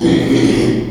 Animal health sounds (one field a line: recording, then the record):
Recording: squeal of a Yucatan mini pig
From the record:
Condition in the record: after surgery on the right vocal fold (resection and tissue-engineered implant)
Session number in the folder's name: 2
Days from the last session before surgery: 13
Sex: male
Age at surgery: 12 weeks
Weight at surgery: 13 kg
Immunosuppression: cyclosporine, prednisolone